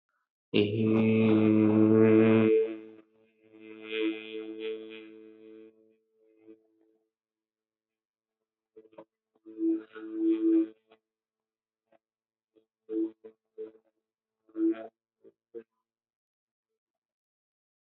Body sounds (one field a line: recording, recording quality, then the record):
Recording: sustained vowel as in made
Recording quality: excellent, no background noise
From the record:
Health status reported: healthy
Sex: male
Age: 30 years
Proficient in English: yes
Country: India